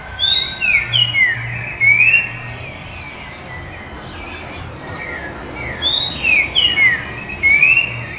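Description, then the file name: Grayish saltator singing sweet, slurred whistles, a phrase of about five up-and-down notes given twice with a quiet pause between, over a soft low hum. "graysalt"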